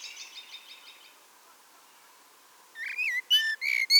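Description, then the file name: Common blackbird calls, a fast soft chattering rattle fading out, a pause, then loud squeaky whistled notes and chirps. "Turdus merula"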